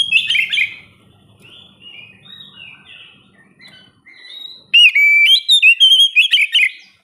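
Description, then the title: Oriental magpie-robin song: a run of varied whistled and scratchy notes, quieter in the middle, ending in loud, rapid whistled phrases. "kacer"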